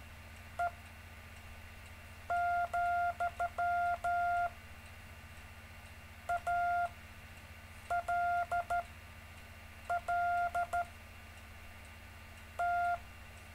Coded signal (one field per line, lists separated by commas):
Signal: Morse code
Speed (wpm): 13 wpm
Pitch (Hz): 700 Hz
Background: none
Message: E , A L L T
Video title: David Casler Live Stream Morse Code 4, 17 Mar 2018, 1600-1630 UTC